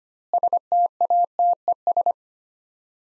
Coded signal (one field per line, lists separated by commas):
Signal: Morse code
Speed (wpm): 25 wpm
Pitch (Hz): 700 Hz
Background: none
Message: STATES